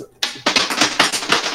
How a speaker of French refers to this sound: Oh là, il en perd ses dés.